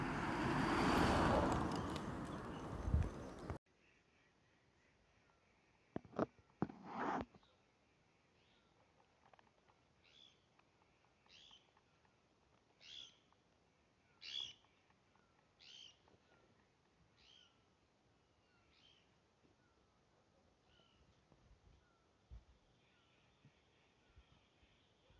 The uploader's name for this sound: Sound of the Garhwal Himalayas